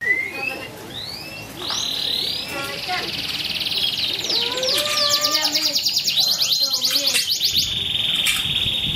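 Bird song: whistled upslurred notes and chirps build into a continuous, fast, high-pitched trill with varied sweeping notes over it.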